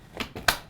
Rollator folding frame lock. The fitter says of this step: hear it locked in that open position